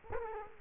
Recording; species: mosquito wingbeat signal from an infrared sensor; Culex quinquefasciatus